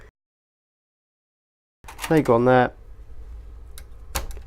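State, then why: Seated. After the CPU is aligned on the motherboard socket's locating pegs, the metal retention lever/bracket is pressed down and latches. Someone talks briefly, followed by a faint tick at 3.8 s and a sharp, loud click at 4.2 s. The lever is seated.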